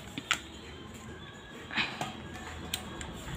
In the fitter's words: So, check natin. Ayun, nakalock na.